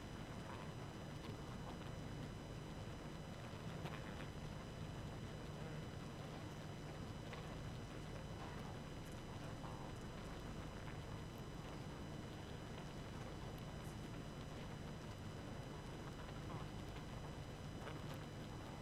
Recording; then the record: honeybee colony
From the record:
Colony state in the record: active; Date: 12 June 2018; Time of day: 22:55